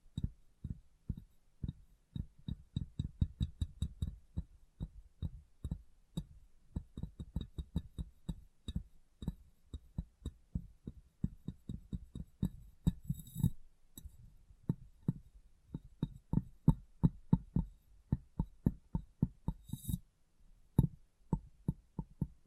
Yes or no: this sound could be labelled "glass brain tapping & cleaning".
yes